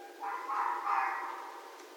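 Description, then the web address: Red fox scream: a rasping, noisy cry in two swelling pulses lasting just over a second, over soft background hiss. Recorded 6 January 2012. "Red Fox 2012 01 06 Red Fox"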